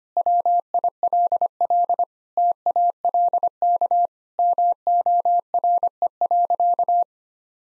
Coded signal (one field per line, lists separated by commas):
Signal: Morse code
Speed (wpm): 25 wpm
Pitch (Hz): 700 Hz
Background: none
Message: WILL TALK MORE.